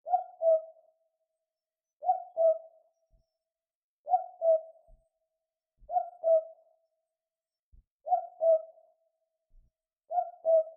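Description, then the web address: Southern boobook giving a low, double hoot, the second note slightly lower, repeated about every two seconds in otherwise quiet surroundings. "mopoke hoots"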